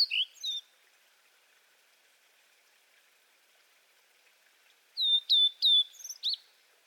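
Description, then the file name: Blue-and-white flycatcher song: a short whistled phrase, a long pause, then another phrase of sharp downslurred whistles. "cyanoptila cyanomelana twitter"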